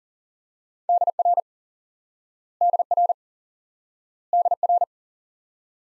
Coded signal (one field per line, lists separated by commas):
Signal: Morse code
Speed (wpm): 39 wpm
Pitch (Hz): 700 Hz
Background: none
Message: DR DR DR